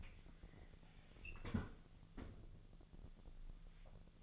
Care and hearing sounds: daily activity, microphone in the room; close fridge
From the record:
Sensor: 4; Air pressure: 1001.0 hPa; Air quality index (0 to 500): 126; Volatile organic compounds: 1 ppm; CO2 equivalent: 942 ppm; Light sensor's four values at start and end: 25/61/25/28 and 31/76/32/34

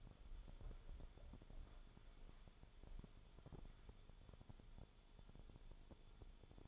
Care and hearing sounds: daily activity, microphone in the room; walk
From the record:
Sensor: 5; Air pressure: 1015.4 hPa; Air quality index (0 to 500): 174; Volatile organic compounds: 6 ppm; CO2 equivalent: 1890 ppm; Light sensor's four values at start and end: 38/87/35/34 and 37/85/34/33

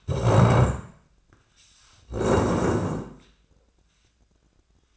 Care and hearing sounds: daily activity, microphone in the room; stand up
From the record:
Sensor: 2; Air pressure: 1012.2 hPa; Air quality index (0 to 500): 157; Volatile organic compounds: 2 ppm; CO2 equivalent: 1152 ppm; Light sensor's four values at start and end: 42/107/46/52 and 38/94/41/46

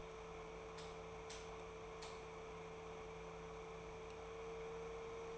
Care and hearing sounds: daily activity, microphone in the room; light on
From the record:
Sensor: 1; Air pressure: 1014.7 hPa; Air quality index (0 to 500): 177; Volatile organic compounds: 15 ppm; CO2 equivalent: 2501 ppm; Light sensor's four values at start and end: 25/64/26/32 and 23/64/25/29

